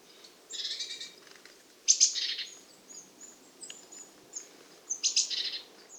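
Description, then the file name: Eurasian blue tit: three rasping, buzzy churr bursts spaced a few seconds apart, with soft high notes between them. "Cyanistes caeruleus"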